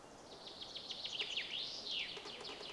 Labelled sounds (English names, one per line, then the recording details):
Common Chaffinch
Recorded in Germany
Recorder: ecoPi